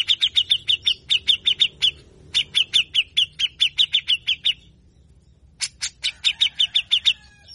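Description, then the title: Grey-cheeked bulbul uttering steady strings of sharp, repeated notes, pausing briefly before more chattering series. Long-duration harsh 'besetan' chattering, said to stimulate a grey-cheeked bulbul's song and emotion so it soon sings well; training recording. "CUCAK JENGGOT GACOR FULL BESETAN KASAR DURASI PANJANG"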